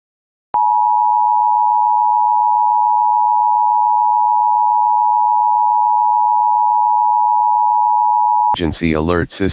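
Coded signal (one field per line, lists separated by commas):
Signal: Emergency Alert System (SAME) tones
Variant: 853 and 960 Hz attention tone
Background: speech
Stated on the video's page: Statewide Required Weekly Test SAME tones.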